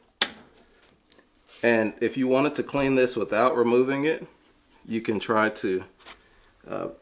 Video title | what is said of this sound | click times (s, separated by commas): TRAINING FORGIVEN FELONS - DTF PRINTER MAINTENANCE ON THE STYLUS PRO SERIES 9890/9900/7890/7900 | you should hear it snap | 0.2 s